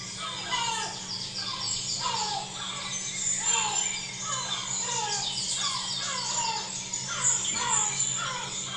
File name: mittelmeermöwe